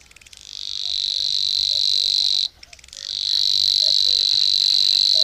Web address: agykontroll Madardalok Cd 3. Nádi tücsökmadár